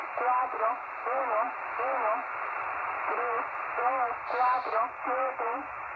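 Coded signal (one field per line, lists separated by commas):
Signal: numbers station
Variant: HM01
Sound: a voice reading short, evenly spaced words through hissy, narrow shortwave audio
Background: radio static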